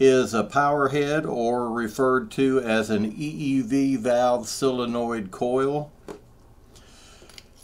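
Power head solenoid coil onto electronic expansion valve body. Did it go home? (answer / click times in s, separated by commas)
yes / 7.4 s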